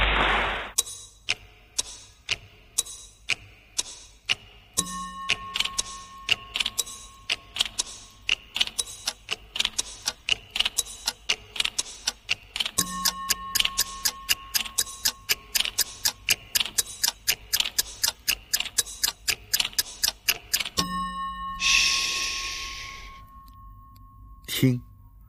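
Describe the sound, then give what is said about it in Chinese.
A kuaiban bamboo clapper keeps up a steady, brisk rhythm of sharp wooden clacks, speeding into dense runs, while a voice comes in and out over the beat, performing a kuaiban piece about the Tongrentang pharmacy. “好，听完了一段快板同仁堂”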